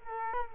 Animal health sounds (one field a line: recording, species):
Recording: mosquito wingbeat signal from an infrared sensor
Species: Culex quinquefasciatus